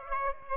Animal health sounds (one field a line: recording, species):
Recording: mosquito wingbeat signal from an infrared sensor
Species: Aedes aegypti